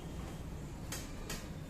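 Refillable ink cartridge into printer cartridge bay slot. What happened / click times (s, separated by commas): The cartridge clicked home in its slot / 0.9 s, 1.3 s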